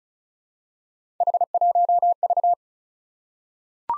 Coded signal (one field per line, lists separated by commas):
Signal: Morse code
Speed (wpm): 36 wpm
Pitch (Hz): 700 Hz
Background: none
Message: H1V